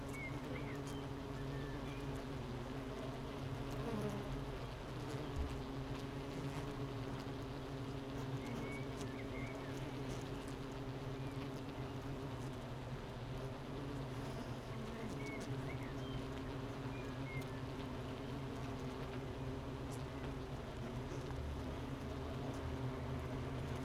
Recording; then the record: honeybee colony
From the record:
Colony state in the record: missing queen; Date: 31 May 2018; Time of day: 8:20